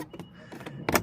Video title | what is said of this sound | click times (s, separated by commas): 2015 RAV4 SIDE VIEW MIRROR REPLACEMENT | then use a smaller flathead and insert along the edges right here to pop this trim piece off. | 0.9 s, 1.0 s